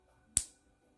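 A small plastic joint piece is pushed onto the part beneath a plastic brick building-set figure. One sharp, bright click is heard at 0.4 s against a quiet background, and the piece seats.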